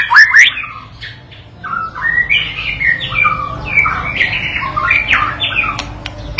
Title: MURAI BATU PAUD BELAJAR GACOR, AJARI DENGAN MASTERAN PANCINGAN INI